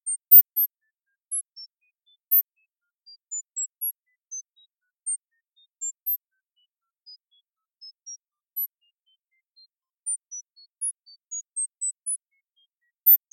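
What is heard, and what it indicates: Synthesized device tones for hyperacusis sound therapy, in a demo at the 0 dB setting: brief, randomly timed high-pitched tone pips scattered across high frequencies, separated by silence.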